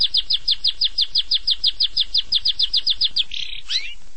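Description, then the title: Long-tailed shrike song: a rapid run of many identical clipped notes, finishing with a rasping buzz and a twisting squeak. "Kicau Burung Pentet"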